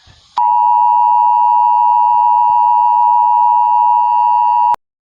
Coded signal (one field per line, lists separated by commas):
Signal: Emergency Alert System (SAME) tones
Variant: 853 and 960 Hz attention tone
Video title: Mega Network EAS message: Duolingo Bird. (27/02/21) (EAS Short)